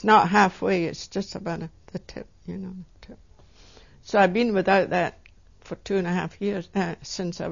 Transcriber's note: none